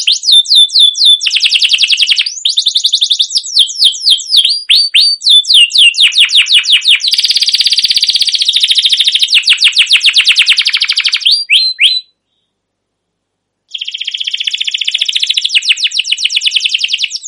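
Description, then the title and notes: Canary song, a dense continuous run of rapid trills and quick slurred notes, briefly pausing before the fast rolling trill resumes. Long continuous canary chirping used as a lure to stimulate young canaries to sing. "CUIT CUIT NGEROL LANGSUNG GACOR PANJANG Kenari Ini Utk Pancingan KENARI PAUD BELAJAR BUNYI. burung kenari"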